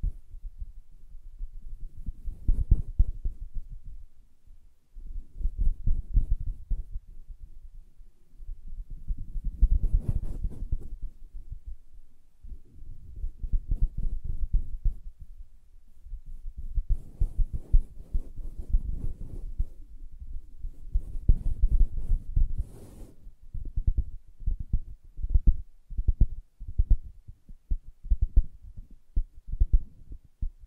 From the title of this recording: Soft Fabric Surface Tapping & Scratching